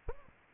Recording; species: mosquito wingbeat signal from an infrared sensor; Aedes aegypti